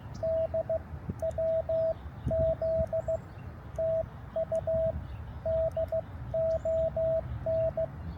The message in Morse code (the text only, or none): D W Z TU DON